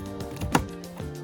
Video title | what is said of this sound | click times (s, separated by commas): Accessories for 9-3s! eSID2 and Genuine Saab Caps install | so throw it in your obd port this side up the label until it clicks | 0.6 s